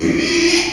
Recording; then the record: squeal of a Yucatan mini pig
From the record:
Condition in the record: after surgery on the right vocal fold (resection and tissue-engineered implant); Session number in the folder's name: 2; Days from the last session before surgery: 13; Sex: male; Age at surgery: 12 weeks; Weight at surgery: 13 kg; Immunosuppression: cyclosporine, prednisolone